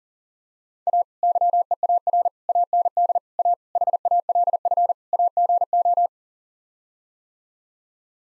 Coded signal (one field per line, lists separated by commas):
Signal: Morse code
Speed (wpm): 40 wpm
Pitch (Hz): 700 Hz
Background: none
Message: A YEAR AND A HALF AGO